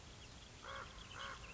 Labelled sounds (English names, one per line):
Common Raven